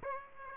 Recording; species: mosquito wingbeat signal from an infrared sensor; Aedes aegypti